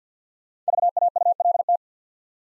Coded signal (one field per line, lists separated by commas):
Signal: Morse code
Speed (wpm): 47 wpm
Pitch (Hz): 700 Hz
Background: none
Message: VAULT